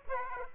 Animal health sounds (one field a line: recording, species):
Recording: mosquito wingbeat signal from an infrared sensor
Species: Aedes aegypti